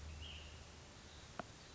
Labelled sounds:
Ash-throated Flycatcher (Myiarchus cinerascens)
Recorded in Sonoma County, California

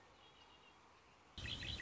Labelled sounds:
Red-winged Blackbird (Agelaius phoeniceus)
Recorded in Sonoma County, California

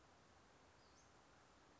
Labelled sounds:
Western Flycatcher (Empidonax difficilis)
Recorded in Sonoma County, California

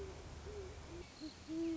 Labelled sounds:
Great Horned Owl (Bubo virginianus)
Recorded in Sonoma County, California

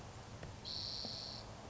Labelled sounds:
Spotted Towhee (Pipilo maculatus)
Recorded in Sonoma County, California

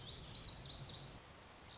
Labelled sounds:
Lazuli Bunting (Passerina amoena)
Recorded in Sonoma County, California

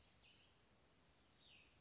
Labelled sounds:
Cassin's Vireo (Vireo cassinii)
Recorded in Sonoma County, California

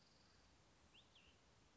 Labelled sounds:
Cassin's Vireo (Vireo cassinii)
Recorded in Sonoma County, California

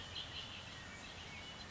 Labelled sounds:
Red-winged Blackbird (Agelaius phoeniceus)
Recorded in Sonoma County, California

